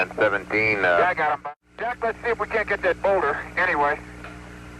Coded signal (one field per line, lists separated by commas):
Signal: Quindar tones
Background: speech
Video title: Beep Beep Beep - NASAs recognition of objects entering and exiting frames Quindar Tones Moon TV